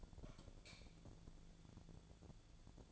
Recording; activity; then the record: daily activity, microphone in the room; light off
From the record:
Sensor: 5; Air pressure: 1000.2 hPa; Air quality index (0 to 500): 101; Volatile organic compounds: 1 ppm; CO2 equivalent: 820 ppm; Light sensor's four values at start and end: 173/415/176/193 and 174/413/176/193